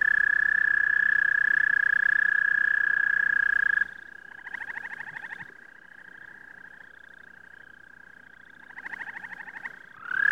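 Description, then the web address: American toad: loud steady trill from an American toad ends, a softer trill carries on beneath, and bursts of rapid bird chirping come and go before a loud trill returns. Singing, with birds in the background. "toad american singing birds in bg"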